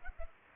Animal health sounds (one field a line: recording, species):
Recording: mosquito wingbeat signal from an infrared sensor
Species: Culex pipiens